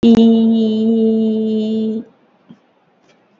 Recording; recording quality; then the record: sustained vowel as in beet; excellent, no background noise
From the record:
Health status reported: COVID-19 positive, mild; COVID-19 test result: positive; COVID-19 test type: RT-PCR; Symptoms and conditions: cough, sore throat, fever, muscle pain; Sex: female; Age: 35 years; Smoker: no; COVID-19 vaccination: both doses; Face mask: worn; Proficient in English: yes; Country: India